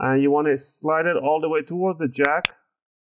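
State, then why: Not seated. An M.2 NVMe SSD is being slid at a shallow angle all the way into the M.2 slot on a Dell Inspiron 5570 laptop motherboard while someone talks over most of the clip. The voice stops around 2.6 s, followed by silence. The drive has not seated or clicked in yet.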